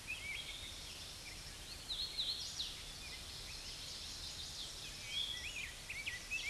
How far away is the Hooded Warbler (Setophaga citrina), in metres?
about 50 m